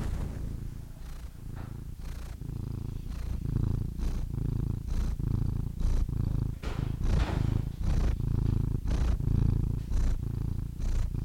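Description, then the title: Domestic cat purr, a throaty continuous drone broken by breathy swells. Compilation of domestic cats, from kittens to old cats. "The Ultimate Compilation of Adorable Cat Meows #CatMeows #CuteKittens"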